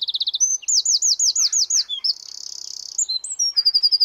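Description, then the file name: Eurasian wren singing a rapid, high-pitched jumble of sharp notes, looping rolled phrases and a dry buzzy trill, all delivered at a breathless pace. "Troglodytes troglodytes"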